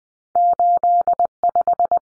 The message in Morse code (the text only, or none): 85